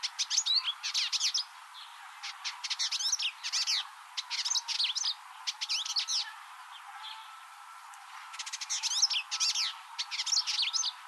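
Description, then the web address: Village indigobird singing in quick chattering bursts of sharp, high clicking notes and buzzy trills, separated by short gaps, with a faint steady tone in the background. "Indigobird Song Vidua chalybeata"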